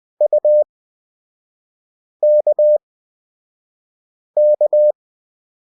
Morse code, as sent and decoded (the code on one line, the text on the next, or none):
..- -.- -.-
UKK